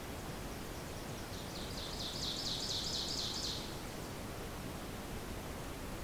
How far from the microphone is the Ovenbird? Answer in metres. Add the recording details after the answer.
about 55 m. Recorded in boreal forest in Alberta, Canada, on 26 May 2016 at 06:33. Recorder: SongMeter 3, array SBT-3-15. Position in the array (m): 46 m, 237 m. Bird 20